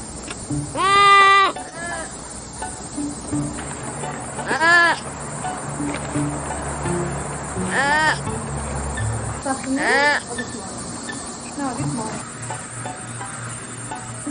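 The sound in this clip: Sloth making four short, high, harmonic bleats, a few seconds apart, over a constant low hum and quiet background noise.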